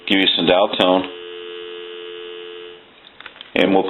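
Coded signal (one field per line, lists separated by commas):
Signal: telephone call progress tone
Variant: North America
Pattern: dial tone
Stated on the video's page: Call progress tone heard on a Western Electric 2500 green desk telephone during checkout and repair.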